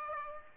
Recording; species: mosquito wingbeat signal from an infrared sensor; Aedes aegypti